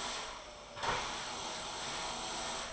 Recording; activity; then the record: daily activity, microphone in the room; vacuum cleaning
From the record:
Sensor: 5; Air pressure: 994.5 hPa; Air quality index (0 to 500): 173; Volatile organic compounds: 667 ppm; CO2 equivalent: 5010 ppm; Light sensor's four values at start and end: 9/21/8/9 and 9/21/8/9